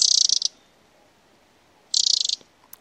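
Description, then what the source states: Eurasian wren giving a dry, rapid ticking rattle in two bursts of about half a second separated by a pause, with a faint click at the end. Clicking and rattling call, very similar to the robin's clicks and rattle.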